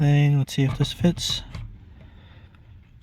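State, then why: Not seated. Someone talks while a replacement fuel pump assembly part for a Mercedes fuel tank is brought up to the fuel tank housing for a test fit, followed by quieter handling noise and faint taps. The clip ends before the part is pushed home, so nothing has seated or clicked yet.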